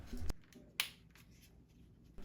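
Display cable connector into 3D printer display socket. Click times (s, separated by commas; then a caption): 0.8 s. A keyed display ribbon cable connector is pressed into its socket on the display of a Bambu Lab P1P 3D printer. After a few soft handling noises, a single sharp snap comes at 0.8 s as the connector seats, followed by quiet with some light rustling near the end.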